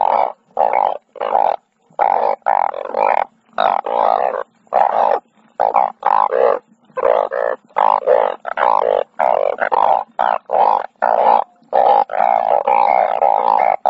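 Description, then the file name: Banded bullfrog calls: deep, nasal, moaning notes in quick succession, each under a second, with brief silent gaps between. "tieng enh uong keu"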